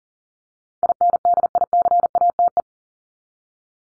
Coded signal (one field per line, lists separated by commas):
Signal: Morse code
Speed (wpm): 40 wpm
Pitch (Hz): 700 Hz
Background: none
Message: INDICATE